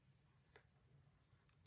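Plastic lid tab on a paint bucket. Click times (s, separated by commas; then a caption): 0.6 s. A screwdriver slowly pries at the plastic lid of a 5 kg paint bucket over a low, steady background hum. At 0.6 s the lid tab releases with a single sharp, short click, and the lid is released.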